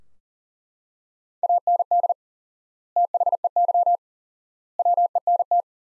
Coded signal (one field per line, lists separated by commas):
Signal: Morse code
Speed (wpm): 40 wpm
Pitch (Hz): 700 Hz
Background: none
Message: AND THEY WENT